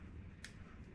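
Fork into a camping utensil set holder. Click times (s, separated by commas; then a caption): 0.4 s. A fork from a compact camping utensil/tool set is pressed into its holder and clips in, making a short, sharp tick at 0.4 seconds against a low background rumble. The fork locks into place and is seated.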